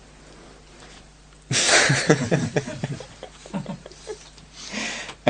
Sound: laughter

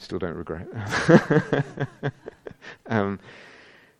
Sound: laughter

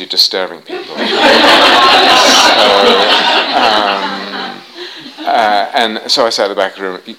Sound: laughter

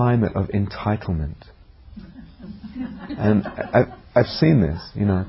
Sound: laughter

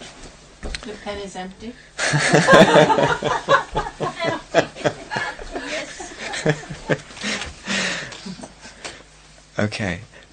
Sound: laughter

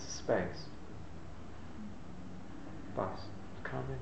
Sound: sound of bus driving

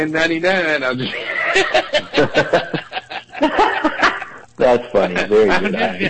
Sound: laughs

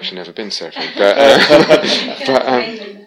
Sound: laughter

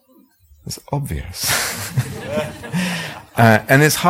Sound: laughter

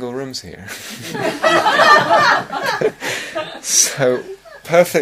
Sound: laughter

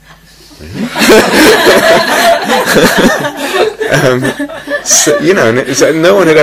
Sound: laughter

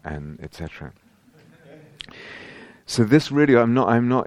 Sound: laughter

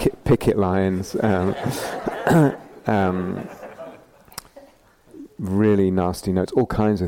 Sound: laughter

